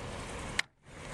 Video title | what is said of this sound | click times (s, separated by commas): How to fit Roof Rack Rails on a Land Rover Freelander 2 / LR2 ( Part 2 ) | okay so that's that clicked into place | 0.6 s